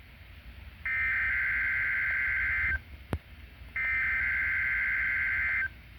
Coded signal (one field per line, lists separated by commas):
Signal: Emergency Alert System (SAME) tones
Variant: header bursts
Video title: 8-6-2025 Required Weekly Test (EAS #20)